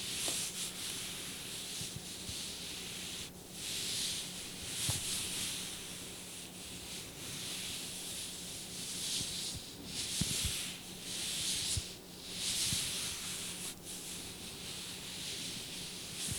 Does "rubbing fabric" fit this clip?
yes